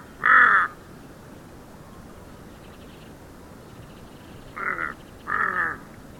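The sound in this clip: Kaka giving one loud grating call, a long quiet stretch, then two more quieter harsh notes.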